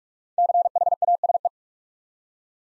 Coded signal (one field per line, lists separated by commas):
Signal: Morse code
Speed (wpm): 44 wpm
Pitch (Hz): 700 Hz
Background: none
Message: CHASE